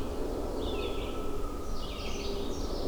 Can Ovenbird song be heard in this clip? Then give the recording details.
no. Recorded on 21 June 2016 at 05:08. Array SBT-6-76